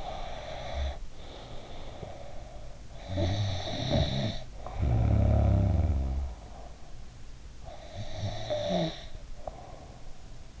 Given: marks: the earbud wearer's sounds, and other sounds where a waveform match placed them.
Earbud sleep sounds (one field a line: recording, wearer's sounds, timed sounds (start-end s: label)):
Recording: sounds in sleep by an in-ear microphone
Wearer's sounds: breath, snoring breath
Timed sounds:
0.00-2.81 s: breath
2.99-6.77 s: snoring breath
7.61-10.60 s: snoring breath